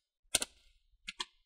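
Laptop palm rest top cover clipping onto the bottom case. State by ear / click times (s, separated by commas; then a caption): seated / 0.4 s, 1.1 s, 1.2 s. The front edge of a plastic palm rest (top cover) on an ASUS X541N laptop is pinched hard onto the laptop's bottom case so its plastic clips snap in. Sharp clicks ring out at 0.4 and 0.4 s, then two more at 1.1 and 1.2 s. The palm rest clips are seated in place.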